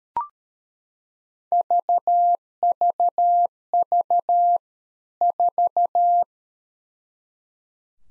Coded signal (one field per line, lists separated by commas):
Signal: Morse code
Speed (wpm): 13 wpm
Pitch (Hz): 700 Hz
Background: none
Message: VVV 4